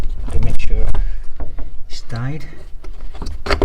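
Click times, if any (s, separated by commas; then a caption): 3.5 s. A wiring connector is pushed back onto the headlight bulb holder of a Ford C-Max while someone talks. A sharp click at 3.5 s marks the connector seating, and it is confirmed in place.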